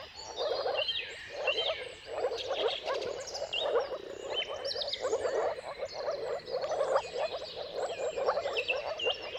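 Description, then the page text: Many moor frogs give muffled, bubbling mating calls in waves, with birds whistling and chirping throughout. Chorus of many moor frogs giving mating calls at sunrise, turn of March and April, timing depending on weather. "Dawn’s Chorus: Mating Calls of Marsh Frogs at Sunrise. Depending on the weather at the turn of March and April, you can witness an amazing spectacle of moor frogs. Jakub-Orzecki moor frogs"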